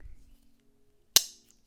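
A pocket knife's folding blade is snapped into position in its handle, held close to the microphone. After a faint low rumble at the start, a single sharp snap sounds at 1.2 s and rings briefly in the highs, the loudest sound in the clip. The blade seats with a crisp snap that has a woody feel.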